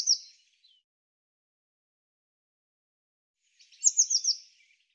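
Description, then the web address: Bird song: the tail of one high note, a pause, then a quick phrase of four or five high descending notes. "Deverinetal Bird"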